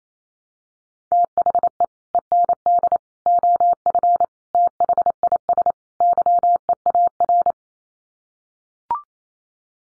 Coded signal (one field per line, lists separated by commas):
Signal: Morse code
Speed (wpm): 28 wpm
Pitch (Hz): 700 Hz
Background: none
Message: THE END OF THIS YEAR